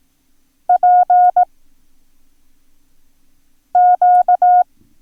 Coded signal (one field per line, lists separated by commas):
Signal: Morse code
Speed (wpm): 18 wpm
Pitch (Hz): 720 Hz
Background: none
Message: PQ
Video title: Learn Morse Code - Lesson 7